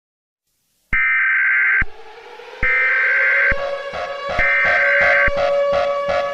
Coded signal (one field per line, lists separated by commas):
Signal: Emergency Alert System (SAME) tones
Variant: header bursts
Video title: EAS Scenario - The Chaos of Santiago - Part 1